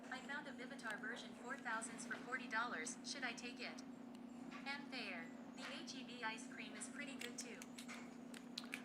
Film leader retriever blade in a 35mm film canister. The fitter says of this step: It's sticking. It's not even clicking when I rotate the thing. What I was doing right there was trying to hear it click.